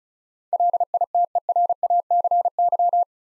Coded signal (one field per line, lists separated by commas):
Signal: Morse code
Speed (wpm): 36 wpm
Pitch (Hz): 700 Hz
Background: none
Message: LITERACY